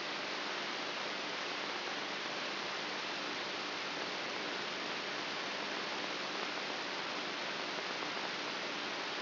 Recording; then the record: brain microelectrode recording played as sound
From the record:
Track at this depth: inside the subthalamic nucleus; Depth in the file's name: 4.44 mm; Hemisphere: right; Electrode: 3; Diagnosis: Parkinson's disease